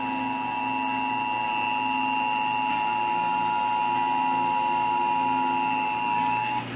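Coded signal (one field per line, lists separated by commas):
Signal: Emergency Alert System (SAME) tones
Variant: 853 and 960 Hz attention tone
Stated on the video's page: Texas required monthly EAS test, heard on broadcast radio and TV stations.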